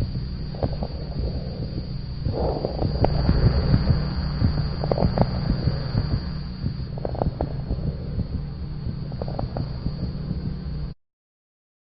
A dog with crackles associated with bronchitis. Sinus arrhythmia in the background, which is more typical of pulmonary disease than heart failure.